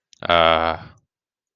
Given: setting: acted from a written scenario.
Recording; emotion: vocal sound without words; sympathy